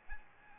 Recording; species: mosquito wingbeat signal from an infrared sensor; Aedes albopictus